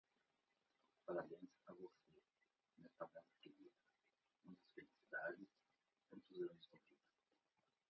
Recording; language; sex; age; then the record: short text; Brazilian Portuguese; male; 50 to 59 years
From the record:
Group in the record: control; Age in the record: 53 years